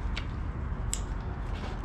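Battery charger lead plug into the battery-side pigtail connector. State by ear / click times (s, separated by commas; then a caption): seated / 0.9 s. A battery charger lead's plastic plug, with hexagon-and-round keyed halves, is lined up and pushed together into the battery-side pigtail connector. A soft tap is heard at 0.2 s, then a sharp click at 0.9 s as the plug clicks in and locks. The connector is seated.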